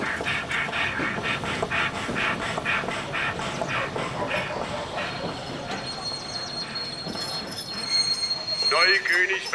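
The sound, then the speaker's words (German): A model ICE train rattles along to its open track with steady rhythmic clicking that gradually spaces out as it slows, as at a station, ending with a high metallic squeal as it comes to a stop. “Und jetzt bitte ich darauf zu achten, dass der nicht einfach stehen bleibt, sondern verlangsamt, wie an einem Bahnhof auch, und dann ordentlich stehen bleibt.”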